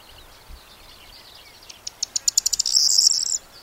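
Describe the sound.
Corn bunting song: a run of dry ticking notes that speeds up, then breaks into a dense, buzzy, jangling jingle lasting under a second, high-pitched over faint background hiss.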